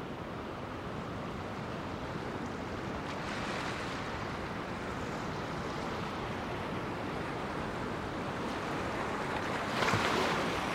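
Surf at Cape Disappointment on the Pacific coast of Washington rumbles in a dense, steady wash, with a swell around four seconds and a louder hiss near ten.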